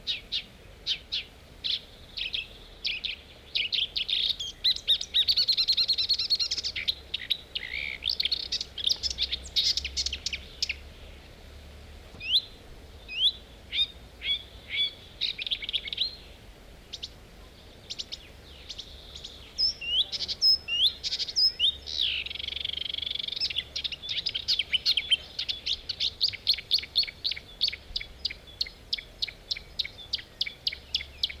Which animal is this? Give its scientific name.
Acrocephalus palustris